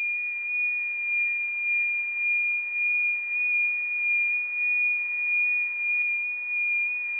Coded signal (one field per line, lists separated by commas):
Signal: FT8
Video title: Monitoring 6 meter